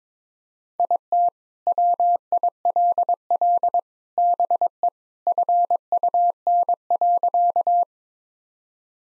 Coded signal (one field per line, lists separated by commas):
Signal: Morse code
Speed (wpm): 22 wpm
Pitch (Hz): 700 Hz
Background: none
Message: IT WILL BE FUN.